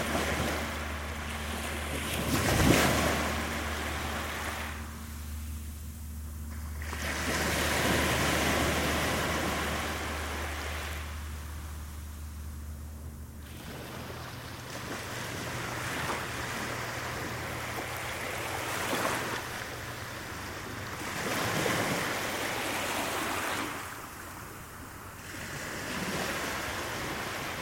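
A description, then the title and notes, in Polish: Ocean waves wash in and recede in slow surges, cresting roughly every five to eight seconds with a hissing rush between quieter lulls. A steady low hum runs underneath for the first half, and a brief sharp knock sounds near the start. Szum fal oceanu. Ocean Sounds.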